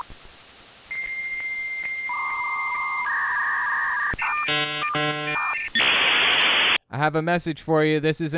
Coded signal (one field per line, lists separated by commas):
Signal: dial-up modem handshake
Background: speech